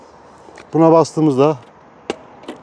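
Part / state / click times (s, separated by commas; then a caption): seat latch of a scooter's under-seat storage compartment / released / 2.1 s. On a 2023 Honda Activa 125 scooter, the seat-release button is pressed while someone talks. The seat latch of the under-seat storage compartment pops open with a sharp click at 2.1 s, and a fainter knock follows around 2.5 s.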